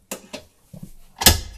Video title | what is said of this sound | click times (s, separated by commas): TRAVALER - B Box Van Tour with Washer/Dryer + Platform Bed | that locks into place now look at that set of stairs it's perfectly uh locked in place it's not going to move | 0.1 s, 1.3 s